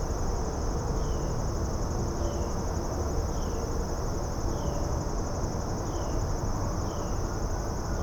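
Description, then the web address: Insects sustain a steady high-pitched hum over loud low rumble, while faint short descending chirps recur at regular intervals throughout. Suburban area, daytime, insects heard within general suburban din. "boom library Urban and Suburban Suburban din day insects"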